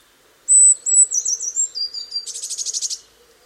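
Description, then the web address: Eurasian blue tit song opening with a sustained thin high note, followed by wavering descending whistles and a fast, buzzy churring trill; faint low hum underneath. "cianscape. Deverinetal"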